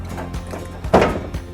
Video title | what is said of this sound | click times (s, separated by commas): How to Install the Reservoir into your Nutritower | I'm gonna push it back until I hear it snap like that so my reservoir is in place | 0.9 s